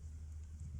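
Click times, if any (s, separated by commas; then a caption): none. A spare key fob with a good battery is pushed gently toward the ignition switch of a Mercedes Vito van that has ignition switch problems. A steady low rumble fills the clip, with a brief broadband rise near 0.8 s. The fob has not seated or clicked into the switch yet.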